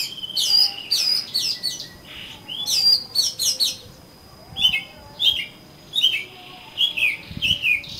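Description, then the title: Oriental magpie-robin song: loud, sharp whistled phrases and chirps in bursts, some notes sliding down, a steady high whine running through. "Kacer Kacer"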